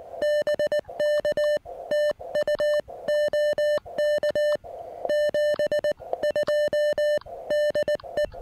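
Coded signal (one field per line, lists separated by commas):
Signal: Morse code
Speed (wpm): 19 wpm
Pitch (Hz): 600 Hz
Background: music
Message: BK TU OK 7 2 DE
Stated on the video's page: QRP Morse from a park activation with an Elecraft KX1 and end-fed half-wave antenna, on 20, 30 and 40 meters.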